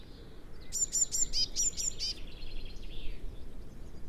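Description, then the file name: Eurasian blue tit giving a short burst of rapid, high chirping notes, then faint trailing notes, over background noise. "Cyanistes caeruleus"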